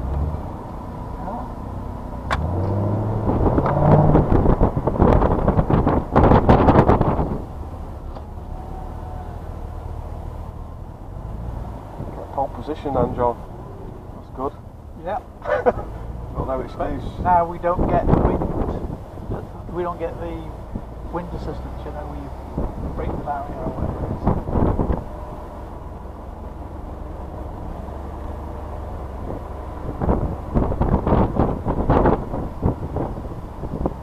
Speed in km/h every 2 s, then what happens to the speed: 5, 13, 21, 13, 6, 2, 3, 3, 5, 5, 6, 8, 10, 13, 11, 10, 8.
0-3 speeds up to 21. 3-9 slows to 2. 9-18 steady at about 3. 18-26 speeds up to 13.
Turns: 0-5, 26-34.